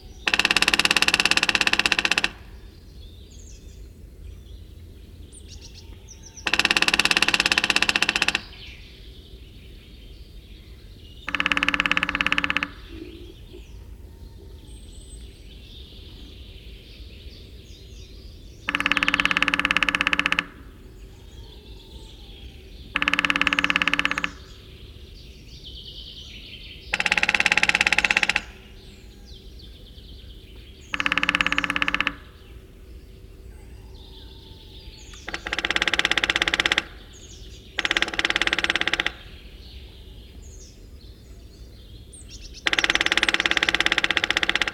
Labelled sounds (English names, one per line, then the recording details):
Lesser Spotted Woodpecker drumming
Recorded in the wild
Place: Ralow, Insel Rügen, Mecklenburg-Vorpommern, DE
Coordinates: 54.403, 13.328
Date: 1974-04-13
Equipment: Nagra III BH, Sennheiser MD 21, parabola
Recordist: Schubert, Michael
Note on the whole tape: Trommeln Kleinspecht improvisierend auf versch. "Klanghölzern"